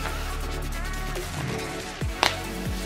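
Two halves of a plastic Easter egg with a dollar inside are pressed together over steady background music. At 2.2 s a short, sharp click is heard as the egg snaps shut, and someone talks afterward.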